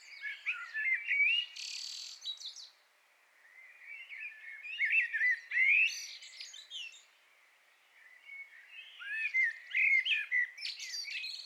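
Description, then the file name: Common blackbird song in three bursts of mellow warbled phrases around mid pitch, each breaking into thin, squeaky high twitters, with short pauses between. "Turdus merula"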